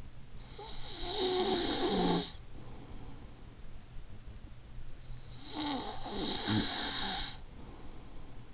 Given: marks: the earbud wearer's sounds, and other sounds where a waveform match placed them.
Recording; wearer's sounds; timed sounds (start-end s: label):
sounds in sleep by an in-ear microphone; snoring breath
0.71-3.26 s: snoring breath
5.52-8.54 s: snoring breath